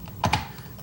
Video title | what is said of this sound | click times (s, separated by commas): Greg Dale (46 04) | and it snaps right into the machine like this | 0.2 s, 0.3 s